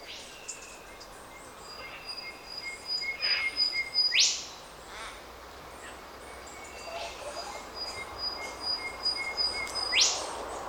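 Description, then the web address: Unidentified bird giving two sharp rising upward sweeps about six seconds apart, over steady high whistled tones, continuous insect chirring and faint other bird notes. Unidentified bird in Australia. "Sound Effects-Foundation 1 BIRD AUSTRALIAN UNKNOWN SEQUENCE"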